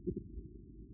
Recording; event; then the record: neck accelerometer signal played as sound; no cough (speech, laughter, throat clearing or background)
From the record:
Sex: male